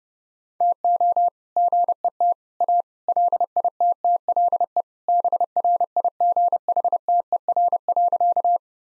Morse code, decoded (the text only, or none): TO GET A LITTLE BRIGHTER.